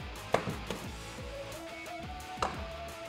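With the tailgate closed, a tonneau cover is pressed down so its latches lock onto the truck bed side rails, one side at a time. Two sharp, short snaps are heard at 0.4 s and 2.4 s, one per side, with a softer knock at 0.7 s, over a steady background carrying faint tonal lines. Both sides of the cover lock in place.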